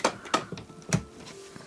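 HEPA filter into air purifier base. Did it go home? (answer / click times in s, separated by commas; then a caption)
yes / 0.1 s, 0.3 s, 0.9 s. The second half of a plastic HEPA filter is pushed into the base of a Dyson Purifier Hot + Cool HP07, and its latches snap into place with sharp clicks at about 0.1, 0.3 and 0.9 seconds. Fainter ticks fall between them. The filter ends up seated.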